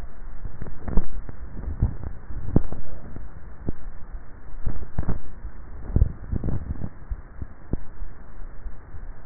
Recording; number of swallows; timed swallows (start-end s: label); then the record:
swallowing sounds by neck microphone; 2
1.63-2.67 s: swallow
5.80-6.83 s: swallow
From the record:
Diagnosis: dysphagia